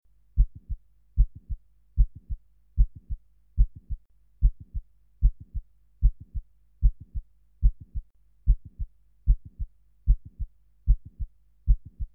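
Steady heart rhythm at about 75 beats a minute in an adult heart heard by stethoscope. Each strong first sound is followed by a cluster of softer low sounds through systole before the second sound. Mitral valve prolapse with mitral regurgitation (mitral insufficiency), a click with a leaking-valve murmur.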